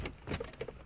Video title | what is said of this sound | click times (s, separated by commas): Mitsubishi COLT IV Compte-tours 1.3 4G13 | là, on le remet et après, voilà, c'est clipsé. | 0.1 s, 0.6 s